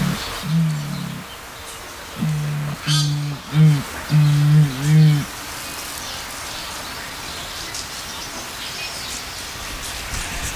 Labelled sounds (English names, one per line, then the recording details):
Bare-faced Curassow call
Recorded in captivity
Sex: male
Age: adult
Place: Zoo Berlin, Berlin, DE
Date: 1999-09-04 10:54
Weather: sonnig, 21°C
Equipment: Sony WM-D6C, Sennheiser ME 80, Kopie Uher 4000 Report Monitor
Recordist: Tembrock, Günter
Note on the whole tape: Männchen am Gitter: dunkle Lautfolge (mit Kopfbeuge)